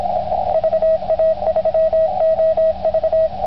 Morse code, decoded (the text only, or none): VA3OV